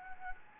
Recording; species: mosquito wingbeat signal from an infrared sensor; Anopheles gambiae